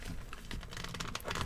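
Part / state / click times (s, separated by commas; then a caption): action figure head onto neck peg over cape / not seated / none. A plastic action figure is handled after its head has been popped off and a cape slid over the neck, as the head is pushed back toward the ball peg. Light crinkly, tapping handling noise fills the clip, with a few brief sharp ticks near the end. The head has not yet seated or clicked onto the neck peg.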